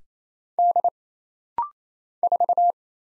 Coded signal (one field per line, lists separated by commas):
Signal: Morse code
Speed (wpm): 27 wpm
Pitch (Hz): 700 Hz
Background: none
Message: D 4